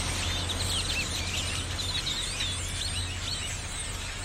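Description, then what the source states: Birds calling in a dense flock, with many overlapping squeaky chirps and whistles forming a continuous chatter, over a steady low hum. Birds on electrical lines in Austin, Texas, USA, January 2012; binaural field recording made while cycling.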